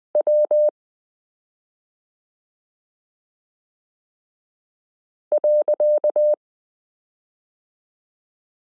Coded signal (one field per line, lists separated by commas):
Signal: Morse code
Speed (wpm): 20 wpm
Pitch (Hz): 600 Hz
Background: none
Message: W .